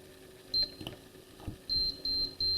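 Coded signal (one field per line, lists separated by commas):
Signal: beep code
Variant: AIM USB altimeter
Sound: one short high beep, then three evenly spaced high beeps, the last cut off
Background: small room, handling noise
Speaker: the first of the 3 will go beep, beep, beep, short beeps, if the memory is adequate for a flight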